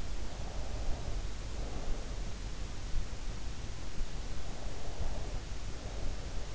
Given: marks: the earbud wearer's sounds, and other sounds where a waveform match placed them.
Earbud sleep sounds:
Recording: sounds in sleep by an in-ear microphone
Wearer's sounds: breath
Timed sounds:
0.08-2.26 s: breath
4.45-6.54 s: breath

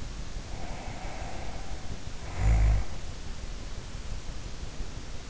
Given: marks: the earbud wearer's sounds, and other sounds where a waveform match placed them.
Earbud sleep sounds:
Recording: sounds in sleep by an in-ear microphone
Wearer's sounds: snoring breath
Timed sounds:
0.47-3.06 s: snoring breath

